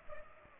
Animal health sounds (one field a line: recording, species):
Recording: mosquito wingbeat signal from an infrared sensor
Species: Culex pipiens